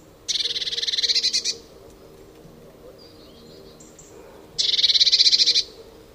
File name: Cyanistes caeruleus